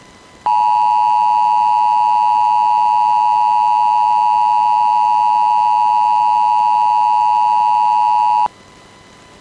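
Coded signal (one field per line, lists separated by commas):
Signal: Emergency Alert System (SAME) tones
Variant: 853 and 960 Hz attention tone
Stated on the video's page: Civil authority local area emergency alert for Fremont County, Wyoming.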